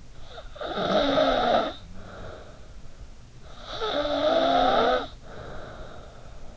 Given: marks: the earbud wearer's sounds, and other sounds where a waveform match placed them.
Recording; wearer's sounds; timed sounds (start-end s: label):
sounds in sleep by an in-ear microphone; snoring breath
0.17-2.95 s: snoring breath
3.15-6.57 s: snoring breath